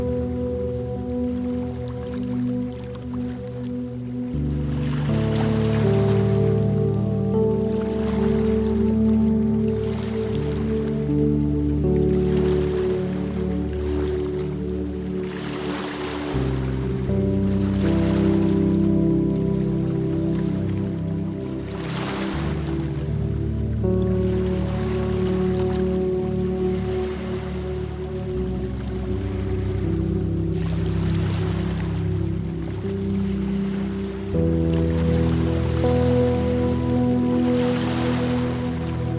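Slow, sustained low music chords shift every few seconds while soft ocean waves wash in roughly every five to six seconds.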